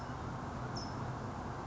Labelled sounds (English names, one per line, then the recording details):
California Towhee
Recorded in Sonoma County, California